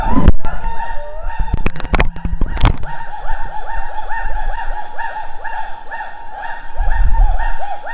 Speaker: 录到了长臂猿的声音，被发现了。